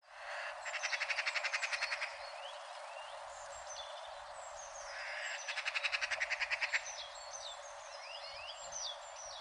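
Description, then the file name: Eurasian magpie chattering: two dry, rapid rattles of about a dozen harsh notes each, separated by a pause, while other birds give thin slurred whistles throughout. "Pica pica"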